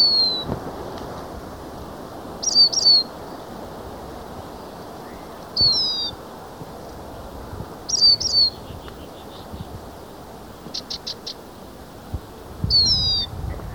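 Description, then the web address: Lesser goldfinch calls: high, clear descending whistles, often doubled, with a brief rapid ticking series, repeated against a hissy background. Recorded in Ecuador. "Birds of Ecuador Lesser Goldfinch"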